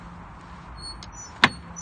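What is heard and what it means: The plastic rear light unit of a BMW 1 Series is pressed firmly back into its clips on the car body during a swap to LED indicators. A faint tick at 1.0 s precedes a sharp, loud snap at 1.4 s as the unit seats into place.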